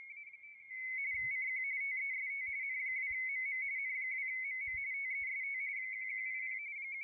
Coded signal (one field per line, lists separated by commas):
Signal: RTTY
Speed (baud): 45.45 baud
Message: CQ TEST N2MM N2MM TEST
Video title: CQWW WPX RTTY 20 METER SUNDAY AFTERNOON